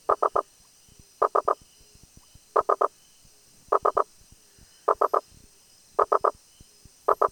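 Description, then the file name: Rosenberg's gladiator frog giving short groups of three knocking notes in fast succession, groups repeating at slightly irregular intervals of about a second. "Boana rosenbergi"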